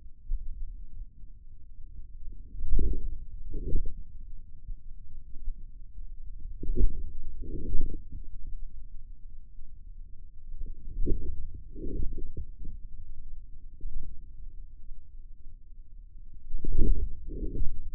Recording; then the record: forearm muscle sounds (acoustic myography)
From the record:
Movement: inward rotation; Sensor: system 2, bracelet of six BSWA MPA416 microphones around the upper forearm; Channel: 3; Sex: male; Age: 22 years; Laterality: right